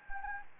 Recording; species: mosquito wingbeat signal from an infrared sensor; Anopheles gambiae